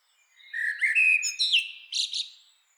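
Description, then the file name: Common blackbird giving one song phrase: a low fluty whistle rising into a quick run of higher notes, ending in two sharp squeaky flourishes. "Turdus merula"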